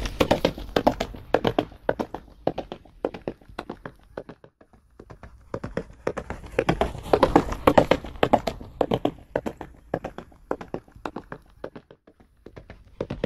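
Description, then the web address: Horse hoofbeats, rapid thudding strides in bursts, fading almost away twice before the pounding picks up again. Horse running. "animals horse horse running"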